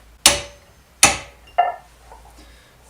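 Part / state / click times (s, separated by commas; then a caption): click-type torque wrench loaded by weights hung on its handle / torque reached / 0.3 s. A click-type torque wrench set to 40 N·m is clamped horizontally with weights hung on its handle to apply slightly less than 40 N·m, and as the weights are slowly released its mechanism clicks sharply at 0.3 s. A second equally sharp click follows at 1.0 s and a softer one near 1.6 s. The result is a failure, because the wrench should not have clicked below its setting.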